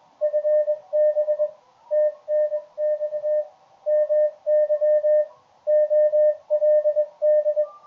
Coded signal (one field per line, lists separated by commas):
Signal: Morse code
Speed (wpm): 21 wpm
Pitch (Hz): 600 Hz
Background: none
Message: FB TNX MY OLD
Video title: Best Way to Learn Morse Code? MFJ-461 Code Reader and MFJ-557 Deluxe Oscillator Review